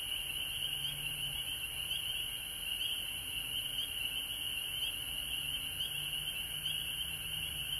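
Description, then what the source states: Frogs calling in a dense, steady high chorus, with a few soft clicks scattered through it and a faint low hum. Recorded at home in Georgia on March 19, 2020.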